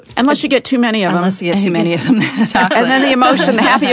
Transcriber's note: laughter